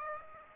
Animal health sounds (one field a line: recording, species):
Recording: mosquito wingbeat signal from an infrared sensor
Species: Aedes aegypti